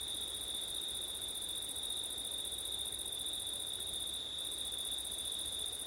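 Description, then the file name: Crickets singing two steady high trills, the upper one breaking off briefly near the end, over a quiet wind hiss. Crickets recorded on a September night with wind. "crickets wind september night ortif"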